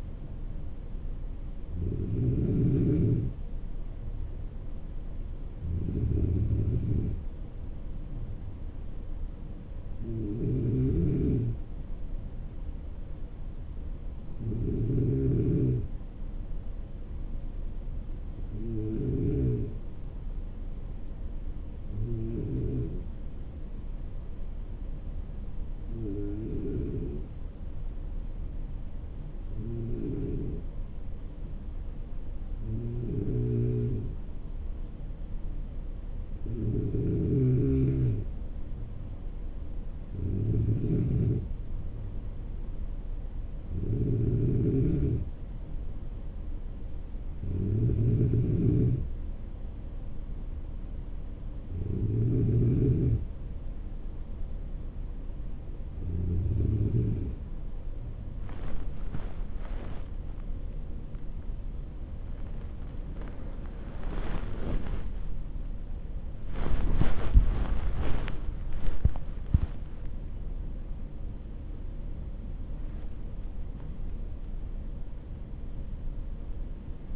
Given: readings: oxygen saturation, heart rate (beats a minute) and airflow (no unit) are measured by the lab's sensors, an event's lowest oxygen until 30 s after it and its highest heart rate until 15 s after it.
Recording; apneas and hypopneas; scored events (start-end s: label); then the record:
breathing in sleep by a smartphone at the bedside; 1
23.00-63.70 s: hypopnea (N2, oxygen 95% highest, then 93% lowest)
53.00-77.16 s: awake
53.00-77.16 s: new sleep stage, awake
From the record:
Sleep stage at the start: N2 (light sleep); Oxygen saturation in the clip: 93 to 95%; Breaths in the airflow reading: 19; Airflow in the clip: -8.1 to 10.2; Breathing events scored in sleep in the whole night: 304 in 5.6 hours asleep